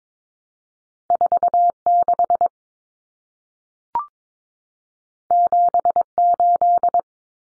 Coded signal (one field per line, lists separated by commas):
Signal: Morse code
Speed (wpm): 22 wpm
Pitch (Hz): 700 Hz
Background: none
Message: 46 78